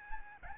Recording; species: mosquito wingbeat signal from an infrared sensor; Aedes albopictus